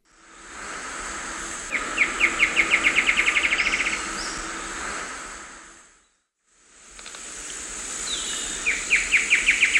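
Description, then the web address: Dugand's antwren delivering two fast trills of high, even notes, the first lasting about two seconds, separated by several seconds, over steady background hiss. Eastern lowlands of South America. "Natures Songs S America Eastern Lowlands. Dugand's Antwren"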